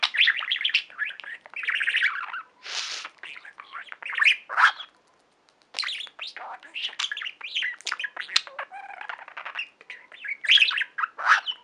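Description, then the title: Budgerigar chatter with rapid chirps, clicks and a few harsh squawks, pausing briefly around five seconds before resuming. "Budgie Sounds"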